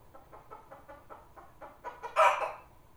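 Chicken clucking in a quick run of short, even clucks that build into a louder, harsher squawk near the end.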